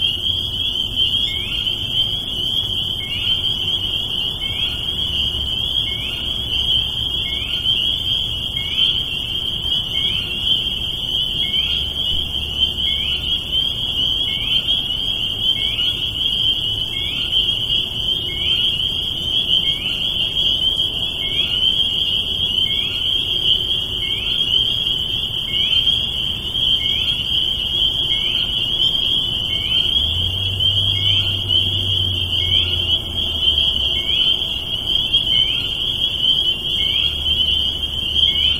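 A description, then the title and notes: Spring peepers fill the night with a dense, unbroken chorus of high, piercing peeps that blur into one shrill ringing tone, with individual calls pulsing at a quick, regular pace throughout. Faint low rumbles, likely traffic, come and go underneath. Peepers White Noise. New England peepers in the early spring on a loop.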